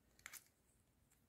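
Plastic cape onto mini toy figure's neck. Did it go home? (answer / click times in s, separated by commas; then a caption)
no / none. A small plastic cape is handled against the neck of a mini toy figure, giving a few quick, light plastic ticks and scrapes around 0.2–0.4 s over quiet background. The cape has not seated or clicked onto the figure yet.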